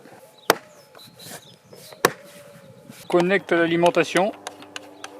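The front plastic cover of a Lidl Parkside Performance 20V PPAMR 1250 A1 robot lawn mower is pressed onto the mower body, giving two sharp snaps at 0.5 s and 2.1 s as it clips into place. Someone talks afterward, and the cover is seated.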